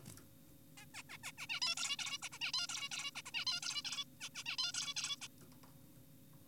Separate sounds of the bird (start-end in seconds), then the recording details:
0.78-0.86, 0.94-1.03, 1.10-1.18, 1.24-1.32, 1.38-1.47, 1.50-1.60, 1.62-1.75, 1.77-1.97, 1.99-2.18, 2.22-2.29, 2.32-2.39, 2.41-2.52, 2.54-2.67, 2.70-2.89, 2.92-3.11, 3.16-3.22, 3.26-3.31, 3.34-3.45, 3.47-3.60, 3.63-3.82, 3.85-4.04, 4.21-4.29, 4.35-4.44, 4.46-4.56, 4.58-4.72, 4.74-4.94, 4.96-5.16, 5.22-5.28. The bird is an adult. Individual g4p5U